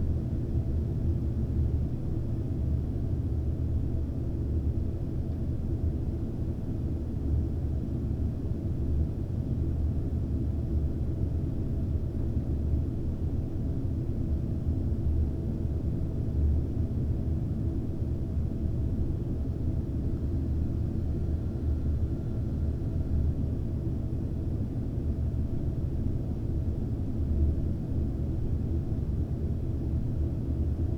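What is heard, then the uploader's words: A heating vent blows a steady, dense rumble that stays low and unchanging for the full half minute. The sound is heavy in the bass, with a soft airy hiss above it and no distinct events breaking through. Camped Out by the Heating Vent.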